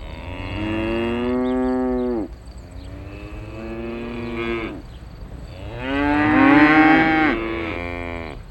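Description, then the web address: Cows mooing: a long harmonic moo with a falling end, a second quieter moo, then a louder overlapping pair of bellows near the end. Several cows in a country setting. "SFXSource AOS Cows Country Chillin"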